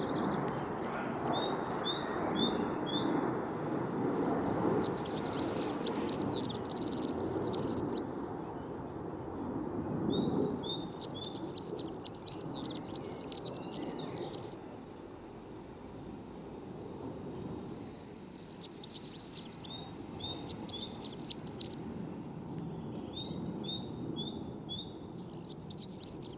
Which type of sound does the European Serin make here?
song